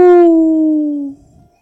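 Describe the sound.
A human voice imitates a wolf howling at the moon: one loud, drawn-out, tonal howl that slides gently downward in pitch for just over a second, then breaks off into near silence.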